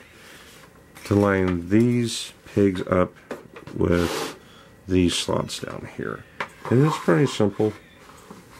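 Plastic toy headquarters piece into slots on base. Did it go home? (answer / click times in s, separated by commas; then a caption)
no / none. Someone talks while handling a plastic piece of a 1983 G.I. Joe Headquarters toy playset, lining its pegs up with the slots on the base so it can be slid up into place. Only speech and faint handling noise are heard. Nothing has seated or clicked yet.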